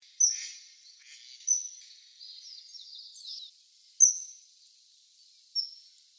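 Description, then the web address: Common kingfisher giving sharp, high whistled calls, single piercing notes at irregular intervals with softer calls between them. "birdenaga kawasemi"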